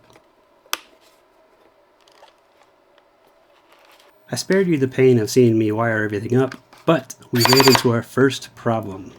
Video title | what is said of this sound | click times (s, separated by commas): Rebuilding a movie prop used by Justin Timberlake for "In-Time" | this just snapped right into place | 0.7 s